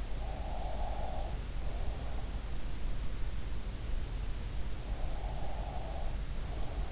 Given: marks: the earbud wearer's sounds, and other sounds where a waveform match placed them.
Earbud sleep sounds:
sounds in sleep by an in-ear microphone; breath
0.17-2.22 s: breath
4.97-6.92 s: breath

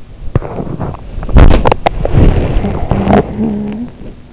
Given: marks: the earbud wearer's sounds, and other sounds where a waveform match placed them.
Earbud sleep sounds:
sounds in sleep by an in-ear microphone; body movement, talking in sleep
0.00-4.29 s: body movement
2.84-3.97 s: talking in sleep

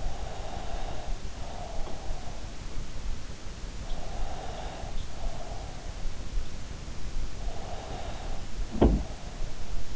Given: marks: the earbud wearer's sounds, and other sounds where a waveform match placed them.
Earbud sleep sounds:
sounds in sleep by an in-ear microphone; breath
0.00-2.23 s: breath
3.66-5.72 s: breath
7.49-8.40 s: breath
8.75-9.14 s: sound from someone else or the room

